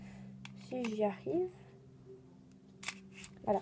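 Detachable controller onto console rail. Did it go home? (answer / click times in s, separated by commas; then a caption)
no / none. A detachable controller is handled against the rail of a Nintendo Switch console while someone talks, with a few faint ticks and rubbing sounds around 0.5, 2.9 and 3.2 s. The controller has not yet been pushed home onto its rail, and nothing has seated or clicked yet.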